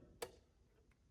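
A BNC bayonet cable connector is pushed onto its mating jack and twisted. A single sharp click comes at 0.2 s over a quiet background, followed by a much fainter tick near 0.9 s. The connector locks and is fully connected.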